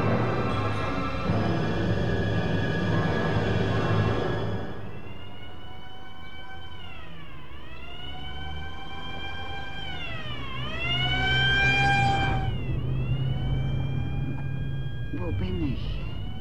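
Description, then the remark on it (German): An ambulance siren wails in rising and falling sweeps over the steady rumble of the moving ambulance, which is taking a patient to a clinic, loud and continuous, with a broad noisy start before the tones emerge. “Befinden sich in einem Krankenwagen”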